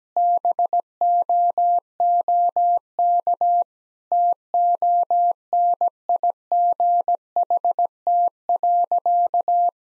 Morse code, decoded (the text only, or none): BOOK TONIGHT.